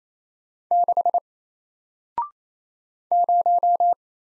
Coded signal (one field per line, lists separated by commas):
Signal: Morse code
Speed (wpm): 27 wpm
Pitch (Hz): 700 Hz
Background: none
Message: 6 0